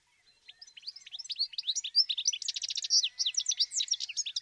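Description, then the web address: Bird chirping, a fast run of short, varied high notes that grows louder and denser after the first second. "Deverinetal. Bird Only"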